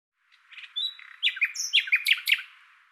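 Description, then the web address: Common nightingale song phrase: a thin whistle, then a jumble of loud, downward-sweeping chirps. "Deverinetal 2025"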